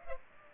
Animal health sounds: mosquito wingbeat signal from an infrared sensor; Culex pipiens

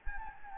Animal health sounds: mosquito wingbeat signal from an infrared sensor; Anopheles gambiae

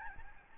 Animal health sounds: mosquito wingbeat signal from an infrared sensor; Aedes albopictus

